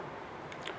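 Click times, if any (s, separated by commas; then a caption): 0.5 s, 0.7 s. A T-shirt embroidery frame is pressed onto the frame arm of an HSW embroidery machine, and two small, sharp clicks sound at 0.5 s and 0.7 s over a steady low background hiss. The frame's clip locks in place on the arm.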